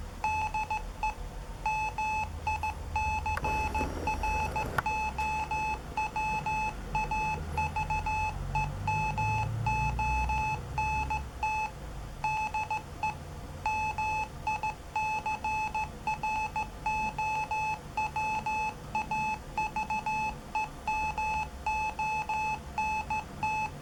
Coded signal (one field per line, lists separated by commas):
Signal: Morse code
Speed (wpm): 15 wpm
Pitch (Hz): 860 Hz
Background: none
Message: DE MICROWAVEMONT DE MICROWAVEMONT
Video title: Single board Morse code decorder!